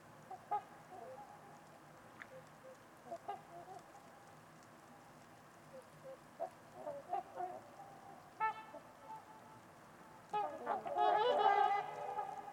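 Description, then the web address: Trumpeter swans give scattered single honks that build into a loud burst of brassy calls near the end. Trumpeter swans at Winters Lake in a deep valley on a winter evening amid deep silence with distant white noise. "Trumpeter Swans on a Winter's Eve. Winters-Lake-with-Swan. Wind Is the Original Radio"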